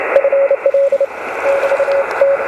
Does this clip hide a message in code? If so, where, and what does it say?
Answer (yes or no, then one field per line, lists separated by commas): yes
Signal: Morse code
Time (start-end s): 0.2-2.4 s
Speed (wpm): 29 wpm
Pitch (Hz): 550 Hz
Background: radio noise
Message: FL <BT>T